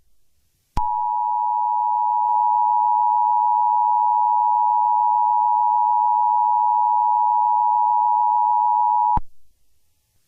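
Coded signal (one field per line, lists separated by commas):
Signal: Emergency Alert System (SAME) tones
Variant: 853 and 960 Hz attention tone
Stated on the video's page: EAS test.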